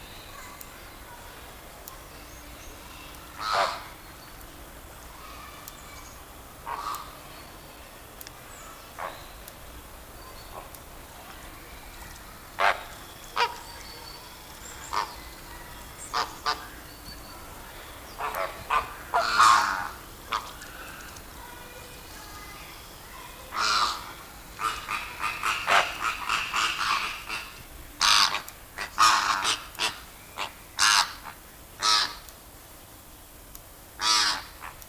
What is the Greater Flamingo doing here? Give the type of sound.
call